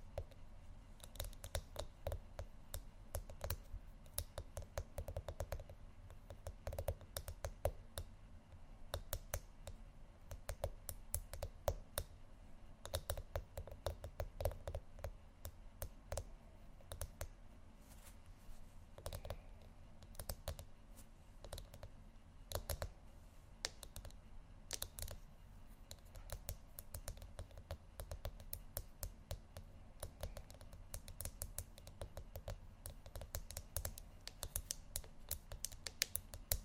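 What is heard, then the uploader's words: Tapping on what sounds like a computer keyboard, with quick, sharp clicks arriving in dense, irregular bursts and brief pauses throughout. The clicks are bright and crisp, and a low, steady hum runs underneath the whole time. ASMR Tapping Only Sleep Time（No Talking）.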